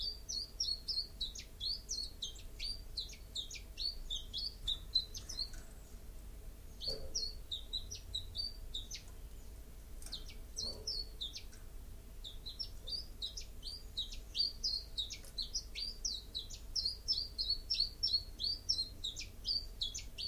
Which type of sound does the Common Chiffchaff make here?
song